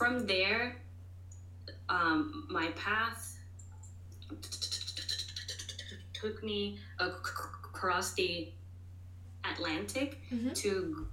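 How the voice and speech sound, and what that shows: An adult woman who stutters speaks one sentence with stretched sounds on several syllables and long silent or breathy halts mid-phrase, one lasting nearly three seconds. These are prolongations and blocks typical of stuttering. A steady low hum runs underneath.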